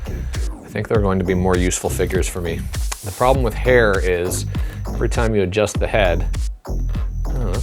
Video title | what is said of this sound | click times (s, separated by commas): Joker 1/6 InArt Queen Studios Unboxing and Stop Motion | that's funny his head won't lock into place | none